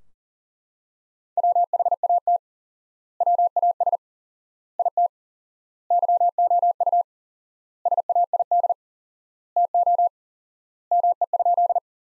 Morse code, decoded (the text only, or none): WHAT WAS IT YOU SAID TO ME?